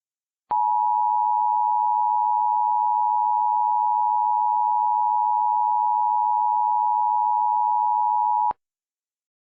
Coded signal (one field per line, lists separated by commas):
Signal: Emergency Alert System (SAME) tones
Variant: 853 and 960 Hz attention tone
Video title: EAS Scenario #4: Palo Verde